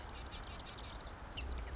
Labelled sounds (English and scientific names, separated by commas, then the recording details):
Marsh Wren (Cistothorus palustris)
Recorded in Sonoma County, California